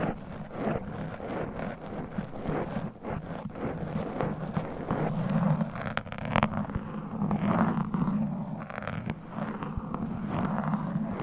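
Microphone scratching, a constant rough scraping and rustling over a low rumbling hum that runs the whole time. Short, sharp clicks and brighter scrapes break through often, thickest near the middle and around the sixth second, with steady loudness throughout.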